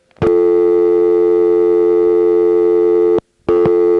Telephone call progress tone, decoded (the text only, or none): dial tone